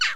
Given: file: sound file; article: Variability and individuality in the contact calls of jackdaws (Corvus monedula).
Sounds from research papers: jackdaw call; noisy

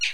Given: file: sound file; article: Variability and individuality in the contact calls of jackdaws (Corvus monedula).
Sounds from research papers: jackdaw call; noisy

